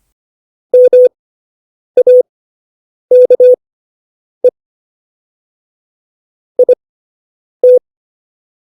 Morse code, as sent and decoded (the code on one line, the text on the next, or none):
-- .- -.- . / .. -
MAKE IT